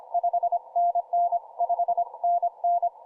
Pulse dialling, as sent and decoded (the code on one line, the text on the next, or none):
none